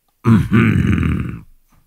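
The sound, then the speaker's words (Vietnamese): A village headman gives a loud, low-pitched throat clearing, voiced as a deliberate two-part "ahem": a short gruff burst followed by a longer rumbling one, then silence. “Lão e hèm một tiếng.”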